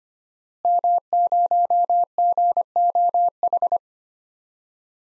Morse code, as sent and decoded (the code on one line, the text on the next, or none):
-- ----- --. --- ....
M0GOH